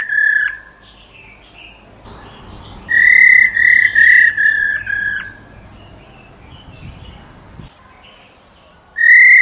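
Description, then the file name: Black-throated laughingthrush calling: one whistled note, a pause with faint soft chirps, a run of five steady whistles, then quiet before another note. Female call used to stimulate males. "Tieng khuou mun mai ro kich trong"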